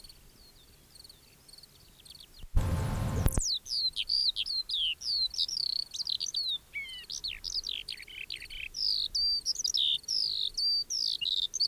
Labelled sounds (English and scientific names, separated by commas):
Eurasian Skylark (Alauda arvensis) song